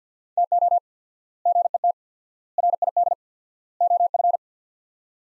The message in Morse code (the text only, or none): TO GET RID OF